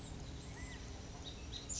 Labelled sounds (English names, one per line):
California Quail